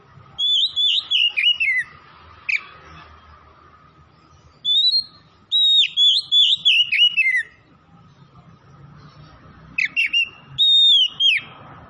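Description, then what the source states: Oriental magpie-robin singing in several separate bursts of bright, fast whistled notes that dip and climb, with quiet gaps between. Oriental magpie-robin (kacer) from Tretes, singing vigorously (gacor).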